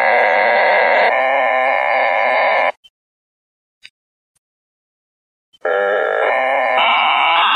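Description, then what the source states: Frogs calling in a loud trilling chorus that stops abruptly, leaving about three seconds of near silence, then resumes just as densely. Frogs recorded at Harpers Mill.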